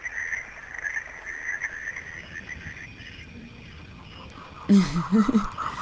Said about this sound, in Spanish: Ahí tenés. Estos son grillos.